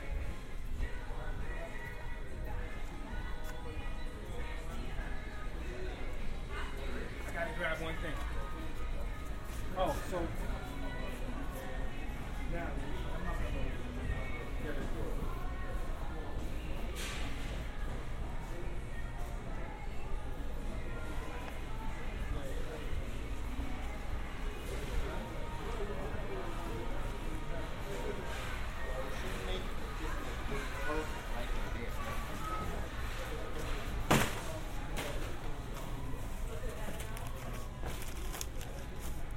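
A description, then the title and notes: Steady murmur of shoppers' voices fills a hardware store, with occasional clicks and clatter, one sharper knock near thirty-four seconds. A binaural field recording of shopping at a hardware store in New Rochelle.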